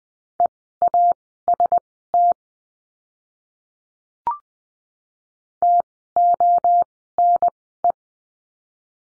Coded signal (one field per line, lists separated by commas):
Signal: Morse code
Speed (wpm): 20 wpm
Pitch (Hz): 700 Hz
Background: none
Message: EAST TONE